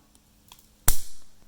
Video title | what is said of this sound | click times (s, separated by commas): REPLACE BATTERY FOR TESLA KEY FOB (Model S & X) | and it pops right in | 0.9 s